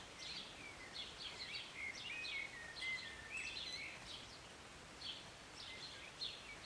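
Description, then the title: Bird song with bright chirps and clear whistled notes in quick succession, a steady rain-like hiss beneath. Recorded from a city balcony on a Sunday morning during short rain, birds singing and chirping. "Rainy Morning with Birds Chirping"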